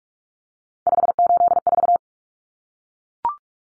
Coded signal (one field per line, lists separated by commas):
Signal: Morse code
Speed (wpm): 44 wpm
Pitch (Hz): 700 Hz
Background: none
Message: 584